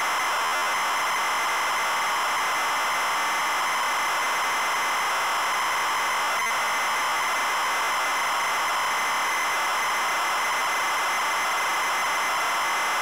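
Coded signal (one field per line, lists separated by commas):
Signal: ZX Spectrum tape loading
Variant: ZX Spectrum +2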